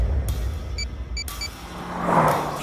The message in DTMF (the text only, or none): none